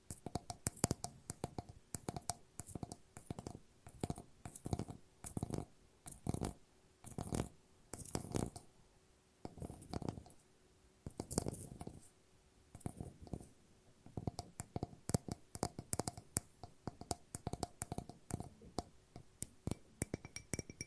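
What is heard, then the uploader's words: Glass is tapped again and again in irregular clusters, dense bursts of sharp clicks followed by brief pauses. Some taps ring on with faint sustained tones, and the handling continues throughout with short rustles and scrapes between hits. ASMR No Talking Glass Tapping and Ringing Sounds.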